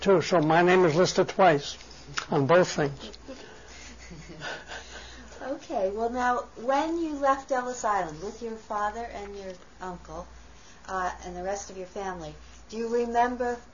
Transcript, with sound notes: So my name is listed twice, on both things. (they laugh)
When you left Ellis Island with your father and your uncle and the rest of your family, do you remember